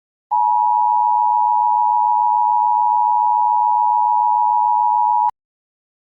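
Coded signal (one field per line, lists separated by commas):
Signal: Emergency Alert System (SAME) tones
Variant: 853 and 960 Hz attention tone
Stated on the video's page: Fictional Emergency Alert System scenario, not a real alert.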